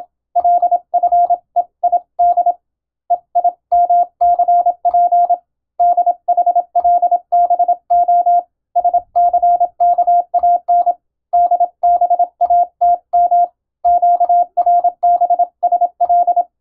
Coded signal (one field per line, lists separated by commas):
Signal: Morse code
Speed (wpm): 26 wpm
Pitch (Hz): 700 Hz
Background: none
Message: LFEID EIMCP DHLBO SCKAN DBATM QRBSL